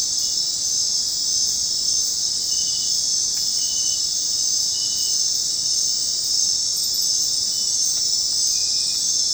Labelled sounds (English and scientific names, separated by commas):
none